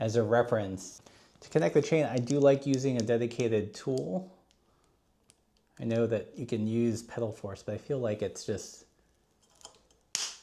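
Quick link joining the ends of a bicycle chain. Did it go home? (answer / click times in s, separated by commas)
yes / 10.1 s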